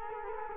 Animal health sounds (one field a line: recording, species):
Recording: mosquito wingbeat signal from an infrared sensor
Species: Culex quinquefasciatus